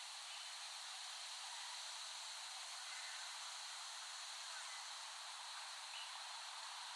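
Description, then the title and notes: Cicadas producing a constant, even, hiss-like buzz with no breaks or changes in pitch. Cicadas recorded in West Brighton, Staten Island, late summer 2008. "The Cicadas of Summer. Recording of cicadas made by Dan Bodah in West Brighton, Staten Island, late summer 2008"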